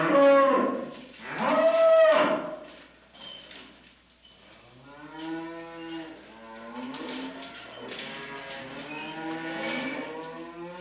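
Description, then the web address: Cow mooing in two loud, drawn-out lows, then softer, wavering moos follow through the rest. "Sony Music Special - The Complete Cbs Audiofile - Sony Music Special - Cows"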